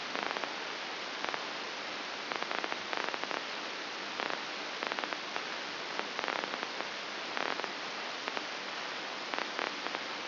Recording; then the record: brain microelectrode recording played as sound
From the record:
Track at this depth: outside the subthalamic nucleus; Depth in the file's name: 8.504 mm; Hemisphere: left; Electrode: 2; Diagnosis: Parkinson's disease